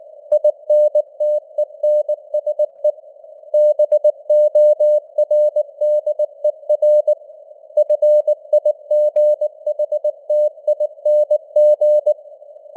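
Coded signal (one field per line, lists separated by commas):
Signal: Morse code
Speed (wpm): 19 wpm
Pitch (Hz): 600 Hz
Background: none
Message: INTENSE BORDER FIGHTING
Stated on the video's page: Morse news headlines at 19 wpm with simulated radio noise and varying signal strength (QSB).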